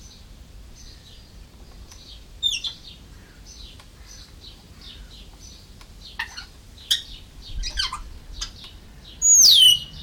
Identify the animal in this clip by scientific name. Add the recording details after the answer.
Psittacus erithacus. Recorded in captivity. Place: Zoo Berlin, Berlin, DE. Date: 1996-06-01 12:32. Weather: sonnig, 22°C. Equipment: Sony MD-WM MZ-R3, Sennheiser MKH 416 T, Kopie Uher 4000 Report Monitor. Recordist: Tembrock, Günter. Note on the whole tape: Diverse Lautformen (an Nisthöhle, Partner in dieser). Entfernung ca 8 m